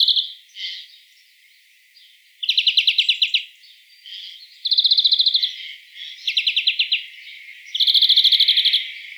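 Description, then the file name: European greenfinch giving rapid rattling trills, about a second each, alternating with thin soft twitters, several bursts in quick succession. "Chloris chloris"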